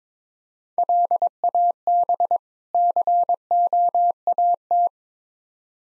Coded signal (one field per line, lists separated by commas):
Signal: Morse code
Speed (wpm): 22 wpm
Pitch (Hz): 700 Hz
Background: none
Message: LAB COAT